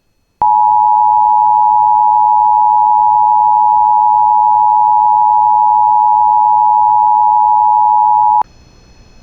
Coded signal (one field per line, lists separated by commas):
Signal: Emergency Alert System (SAME) tones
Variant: 853 and 960 Hz attention tone